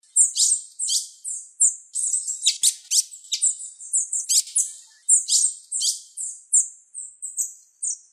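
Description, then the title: Bird song of high, sharp chirps and thin downslurred notes in a quick, steady series throughout. "LuckyPassaros CompletosSama"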